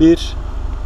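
The second of three plastic clips on a cover of an Audi A3 is being pressed in by hand while someone talks over a steady low hum. Nothing has seated or clicked yet in this moment.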